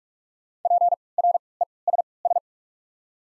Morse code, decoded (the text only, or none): P R E S S